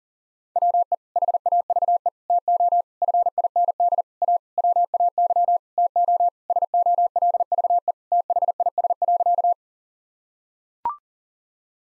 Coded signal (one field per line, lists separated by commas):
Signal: Morse code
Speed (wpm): 40 wpm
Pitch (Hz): 700 Hz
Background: none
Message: WE HAVE TO FIND A WAY TO SOLVE THIS.